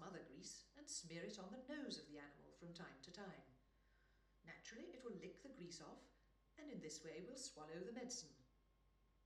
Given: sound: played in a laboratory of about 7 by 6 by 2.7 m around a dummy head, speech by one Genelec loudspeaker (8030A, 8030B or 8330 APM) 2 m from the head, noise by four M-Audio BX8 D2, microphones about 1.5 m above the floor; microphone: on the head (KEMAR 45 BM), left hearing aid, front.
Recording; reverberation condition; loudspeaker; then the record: female speech in English; medium; 30 degrees to the left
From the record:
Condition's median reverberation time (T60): about 510 ms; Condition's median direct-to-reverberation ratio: about -0.5 dB